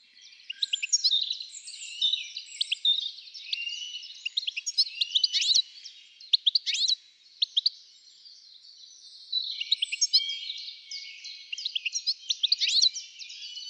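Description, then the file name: European goldfinch giving a long run of liquid, tinkling twitters and sharp chirps in bursts, with a brief lull midway. "Carduelis carduelis"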